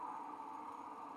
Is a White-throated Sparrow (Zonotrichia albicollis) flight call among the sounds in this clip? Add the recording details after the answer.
no. No flight call is heard. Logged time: 11:40 on 5 December 2014